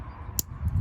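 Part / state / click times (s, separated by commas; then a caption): folding knife blade into its backspring stop / seated / 0.4 s. The steel sheepfoot blade of a Great Eastern Cutlery #05 slipjoint keychain knife with stag handles is snapped open or closed against its backspring stop. A single sharp click lands at 0.4 s over a quiet background. The blade snaps firmly into position, with a pull that is not strong but gives a clean, crisp action.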